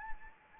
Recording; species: mosquito wingbeat signal from an infrared sensor; Anopheles arabiensis